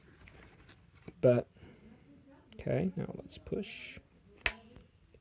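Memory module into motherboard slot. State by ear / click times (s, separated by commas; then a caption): seated / 4.5 s. Someone talks while a memory module is pushed firmly into a motherboard slot. At 4.5 s, a sharp click sounds as the plastic retention latch on one side snaps shut by itself, and the module is seated on that side.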